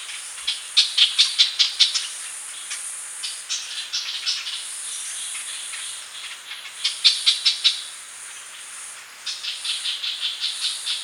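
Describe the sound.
Ochraceous bulbul calls in bursts of harsh, chattering notes, several quick series separated by pauses, over a steady high insect-like hiss.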